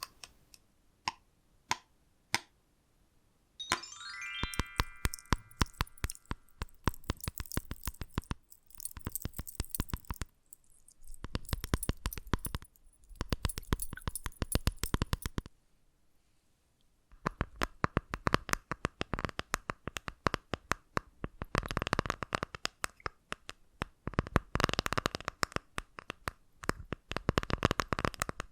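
Crisp tapping and scratching: a few sharp taps, then dense bursts of rapid scratchy clicking with brief pauses between.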